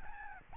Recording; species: mosquito wingbeat signal from an infrared sensor; Aedes albopictus